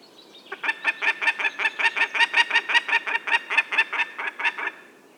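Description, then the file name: Peregrine falcon uttering a fast string of harsh, nasal cackling notes over about four seconds, strong throughout. "vandorsolyom hangja"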